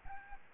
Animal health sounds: mosquito wingbeat signal from an infrared sensor; Aedes albopictus

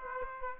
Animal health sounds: mosquito wingbeat signal from an infrared sensor; Aedes aegypti

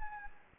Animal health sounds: mosquito wingbeat signal from an infrared sensor; Anopheles gambiae

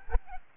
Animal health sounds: mosquito wingbeat signal from an infrared sensor; Aedes albopictus

